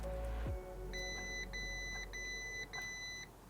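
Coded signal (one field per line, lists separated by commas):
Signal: none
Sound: car's warning chime beeps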